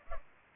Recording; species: mosquito wingbeat signal from an infrared sensor; Culex pipiens